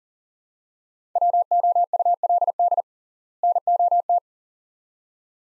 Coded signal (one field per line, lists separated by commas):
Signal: Morse code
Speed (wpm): 40 wpm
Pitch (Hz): 700 Hz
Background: none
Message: WOULD NOT